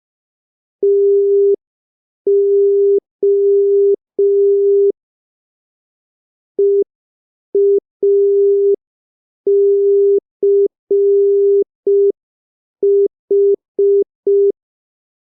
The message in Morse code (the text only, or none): TO EACH